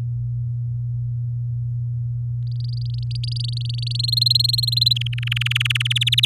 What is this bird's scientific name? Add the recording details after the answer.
Serinus canaria. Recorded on 7 May 2018 at 19:44. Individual llb16